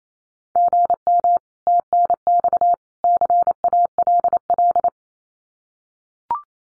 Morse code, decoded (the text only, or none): GM TNX CALL